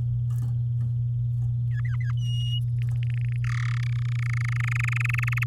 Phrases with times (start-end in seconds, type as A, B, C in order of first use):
1.71-2.12 A, 2.17-2.60 B, 2.78-3.36 C, 3.44-3.81 D, 3.83-5.44 E